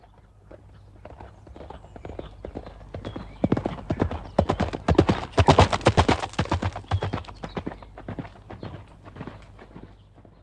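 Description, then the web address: Horse galloping: crunching hoofbeats build in speed and loudness, peak mid-way in a rapid rhythmic drumming, then fade away as the pace eases. Single horse galloping on gravel. "animals horses single horse galloping on gravel"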